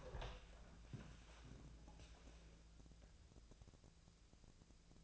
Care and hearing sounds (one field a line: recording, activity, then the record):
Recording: daily activity, microphone in the room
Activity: open door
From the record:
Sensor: 2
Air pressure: 1000.3 hPa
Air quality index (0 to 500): 170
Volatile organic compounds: 3 ppm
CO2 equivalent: 1413 ppm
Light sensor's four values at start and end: 10/25/10/11 and 11/25/11/11